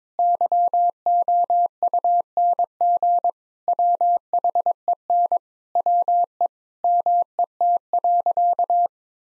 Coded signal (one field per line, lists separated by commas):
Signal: Morse code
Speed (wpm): 21 wpm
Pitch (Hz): 700 Hz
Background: none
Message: YOUNG WHEN WE MET.